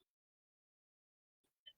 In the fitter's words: Just like that. So that snaps down in those grooves.